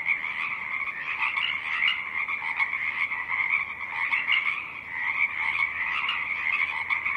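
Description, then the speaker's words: Pacific chorus frog chorus: many frogs calling at once, a constant mass of raspy, pulsing croaks that swells and dips. Pacific chorus frogs at Tectexan Marsh, Wasanuk Territory, Saturna Island, British Columbia; song rising and falling above a stiff breeze; 24-hour Earth Day soundscape broadcast. "song of the Pacific chorus frogs rises and falls above a stiff breeze."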